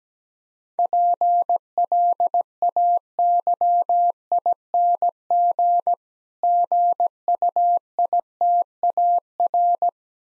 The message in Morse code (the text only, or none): PLAYING GUITAR